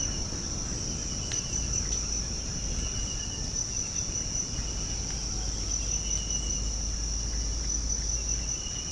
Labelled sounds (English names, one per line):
none